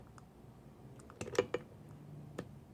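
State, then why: Torque reached. A click-type torque wrench set to 60 inch-pounds tightens a bolt on a GY6 scooter engine. Sharp clicks sound at 0.2, 1.1, 1.2, 1.4, 1.5 and 2.4 seconds over a low background hum. The wrench clicks repeatedly because the setting has been reached, showing the bolt is torqued to 60 inch-pounds.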